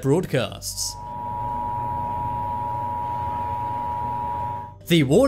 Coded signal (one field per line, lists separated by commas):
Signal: Emergency Alert System (SAME) tones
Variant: 853 and 960 Hz attention tone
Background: speech, music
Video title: 10 Scary Emergency Alerts Seen on TV